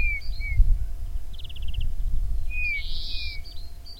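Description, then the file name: Eurasian bullfinch giving soft, slightly falling piped whistles in pairs, with a quick pulsed trill between them and a harsh buzzy note, over low rumble. "Pyrrhula pyrrhula"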